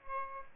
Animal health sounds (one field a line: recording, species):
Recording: mosquito wingbeat signal from an infrared sensor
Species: Aedes aegypti